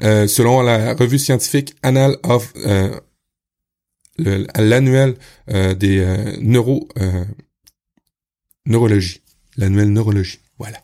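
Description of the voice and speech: An adult man who stutters, speaking French in otherwise steady, low-pitched speech, stalls mid-phrase with drawn-out 'euh' sounds and silent gaps of over a second, then restarts the phrase ('l'annuel des… neurologie… l'annuel neurologie'). These breaks and restarts are stuttering disfluencies.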